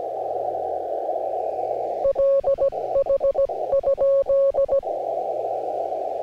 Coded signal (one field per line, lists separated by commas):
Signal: Morse code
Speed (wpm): 18 wpm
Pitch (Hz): 550 Hz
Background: radio noise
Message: LH?